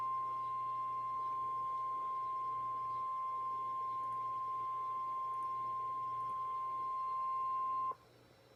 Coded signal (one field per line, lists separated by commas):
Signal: Emergency Alert System (SAME) tones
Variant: 1050 Hz attention tone